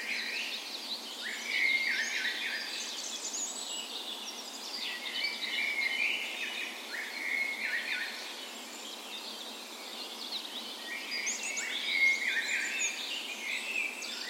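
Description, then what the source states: Birds in a dawn chorus, many overlapping high songs with whistled notes and trills. Spring dawn chorus recorded on the morning of 17 May, Norway's National Day, in a park west in Bergen, Norway; Sony PCM A10 recorder with LOM Usi microphones placed as "tree ears".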